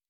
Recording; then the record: hydrophone in a shrimp aquaculture tank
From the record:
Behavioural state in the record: normal